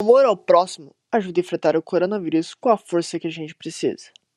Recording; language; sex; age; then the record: spoken sentence; Brazilian Portuguese; male; 20 to 29 years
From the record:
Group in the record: control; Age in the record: 21 years